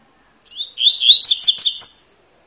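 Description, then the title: Double-collared seedeater singing a short, rapid phrase of slurred whistles, starting with a thin note and ending on a bright high note, roughly one and a half seconds. Tui-tui song type, with fiber; a teacher song used to train young birds. "COLEIRO TUI TUI FIBRA"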